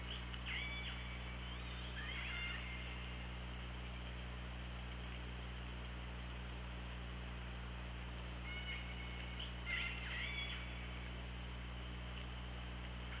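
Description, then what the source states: Killer whale calls in two clusters of wavering, harmonic squeals, the first early and the second around eight to ten seconds, set against constant low hum and hiss. OrcaLab hydrophone, 24 August 2017, 18:52.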